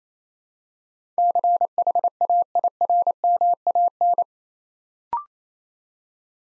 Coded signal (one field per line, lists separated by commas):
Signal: Morse code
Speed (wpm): 27 wpm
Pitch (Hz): 700 Hz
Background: none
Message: CHAIRMAN